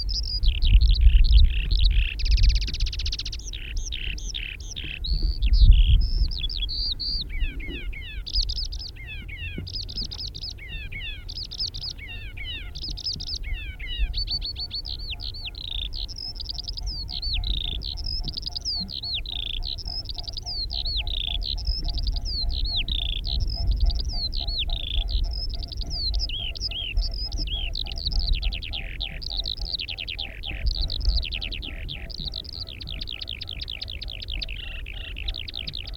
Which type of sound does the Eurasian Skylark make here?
song